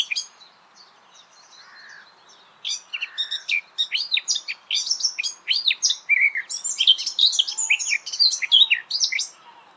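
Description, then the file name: Eurasian blackcap song, a brisk, jumbled warble of rising and falling notes, with a few low husky notes early on, then dense continuous phrases. "Sylvia atricapilla"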